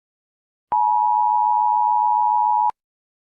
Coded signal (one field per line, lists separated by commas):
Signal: Emergency Alert System (SAME) tones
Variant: 853 and 960 Hz attention tone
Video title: RABID THE MOVIE - A EAS Scenario Movie